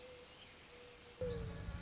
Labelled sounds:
Mourning Dove (Zenaida macroura)
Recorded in Sonoma County, California

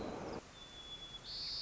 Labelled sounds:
White-crowned Sparrow (Zonotrichia leucophrys)
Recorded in Sonoma County, California

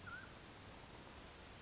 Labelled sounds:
Mountain Quail (Oreortyx pictus)
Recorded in Sonoma County, California

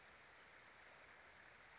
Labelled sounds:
Western Flycatcher (Empidonax difficilis)
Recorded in Sonoma County, California

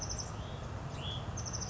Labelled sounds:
Hutton's Vireo (Vireo huttoni)
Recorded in Sonoma County, California

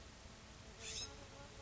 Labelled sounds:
California Scrub-Jay (Aphelocoma californica)
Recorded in Sonoma County, California

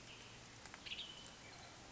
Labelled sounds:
Western Tanager (Piranga ludoviciana)
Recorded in Sonoma County, California

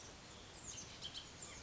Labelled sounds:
Bullock's Oriole (Icterus bullockii)
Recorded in Sonoma County, California

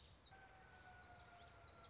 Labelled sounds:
Common Yellowthroat (Geothlypis trichas)
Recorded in Sonoma County, California

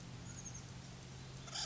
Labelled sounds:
Oak Titmouse (Baeolophus inornatus)
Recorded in Sonoma County, California

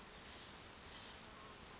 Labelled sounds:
Western Flycatcher (Empidonax difficilis)
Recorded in Sonoma County, California

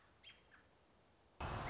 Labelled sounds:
American Robin (Turdus migratorius)
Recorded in Sonoma County, California

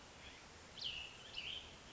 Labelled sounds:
Cassin's Vireo (Vireo cassinii)
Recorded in Sonoma County, California

